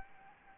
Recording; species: mosquito wingbeat signal from an infrared sensor; Anopheles gambiae